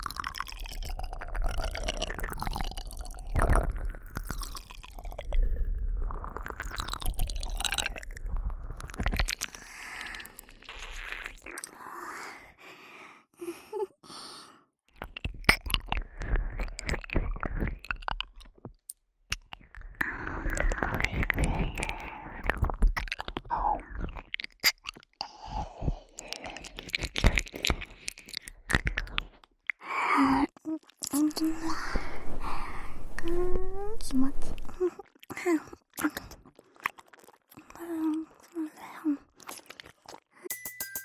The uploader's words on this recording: ASMR Cute & Fast Ear Eating.